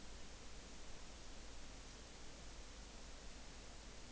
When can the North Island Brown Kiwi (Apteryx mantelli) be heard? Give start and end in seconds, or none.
none